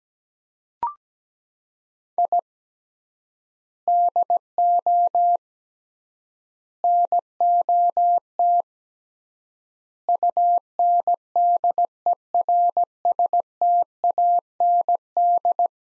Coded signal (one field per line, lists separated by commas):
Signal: Morse code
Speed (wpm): 17 wpm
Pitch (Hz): 700 Hz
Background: none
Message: I DO NOT UNDERSTAND